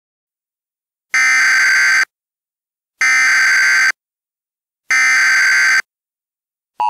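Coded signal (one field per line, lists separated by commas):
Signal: Emergency Alert System (SAME) tones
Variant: header bursts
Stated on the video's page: Recreated mock-up EAS scenario of a water tower collapse, not a genuine alert.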